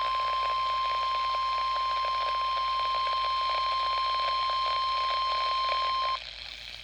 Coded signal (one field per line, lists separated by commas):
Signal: Emergency Alert System (SAME) tones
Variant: 1050 Hz attention tone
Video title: EAS #32 Required Weekly Test Issued on WXM50 | July 17th, 2024